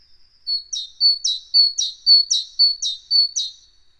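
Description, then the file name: Great tit singing a ringing seesaw phrase, a steady note followed by a sharper accented one, repeated six times at an even brisk pace with no other sounds. "Parus major"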